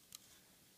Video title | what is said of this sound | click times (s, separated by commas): How to make a working Lego holographic sight | and that all snaps down | 0.2 s